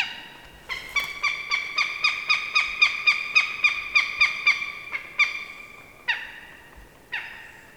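Bird calls: a fast run of harsh, nasal notes rich in harmonics, about four per second, slowing to a few spaced calls near the end.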